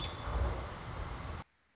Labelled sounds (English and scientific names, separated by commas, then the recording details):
American Robin (Turdus migratorius)
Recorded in Sonoma County, California